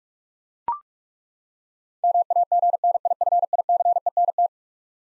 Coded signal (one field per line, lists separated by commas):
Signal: Morse code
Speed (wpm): 42 wpm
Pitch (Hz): 700 Hz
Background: none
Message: MAGNIFICENT